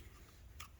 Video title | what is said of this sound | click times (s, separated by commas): Umarex StrikeForce Magazine in the Crosman R1/DPMS/MPW/A4-P [how to modify] | latch locked into place. You were unable to pull the magazine out, | 0.6 s